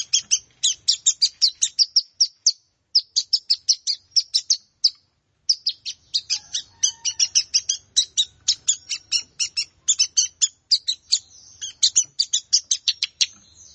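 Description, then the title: Plain prinia singing rapid series of sharp, wheezy high notes, several bursts separated by brief pauses, over a soft low rumble. "Ciblek Sawah"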